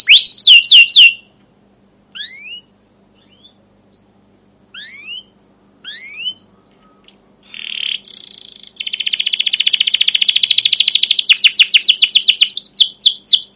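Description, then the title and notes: Canary song: a few quick chirps, then scattered rising whistles with pauses, building into a long rapid trill and sweeping notes in the last half. Caged canary song used as a lure to train other canaries, described as long, lively chattering for young birds learning sounds. "CUIT CUIT NGEROL LANGSUNG GACOR PANJANG Kenari Ini AMPUH Utk Pancingan KENAR. PANCINGAN Kenari GACOR PANJANG Cuit CUIT EMOSI ini AMPUH utk MASTERAN Kenari PAUD belajar BUNYI. burung kenari"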